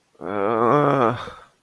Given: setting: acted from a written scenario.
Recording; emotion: vocal sound without words; guilt